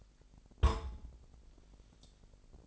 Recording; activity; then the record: daily activity, microphone in the room; place on stove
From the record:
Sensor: 5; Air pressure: 999.4 hPa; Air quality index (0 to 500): 224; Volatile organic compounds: 22 ppm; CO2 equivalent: 2742 ppm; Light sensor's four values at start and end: 30/69/28/28 and 30/68/28/28